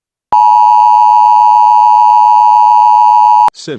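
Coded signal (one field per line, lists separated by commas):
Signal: Emergency Alert System (SAME) tones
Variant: 853 and 960 Hz attention tone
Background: speech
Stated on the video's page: Fictional EAS scenario tones.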